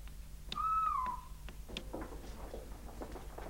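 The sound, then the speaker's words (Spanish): A single imitated call of a female scops owl, one clear whistled note that slides gently downward for about half a second, followed by faint scattered clicks and rustles. “El canto de la lechuza hembra. A minúscula. Lechuza caudillo. Lechuza autillo.”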